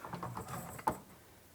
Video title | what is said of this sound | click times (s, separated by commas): How to Unbox a Studio Reformer® with Tower - BB Garage | until it clicks. So, you should feel it should kind of click into place. | 0.9 s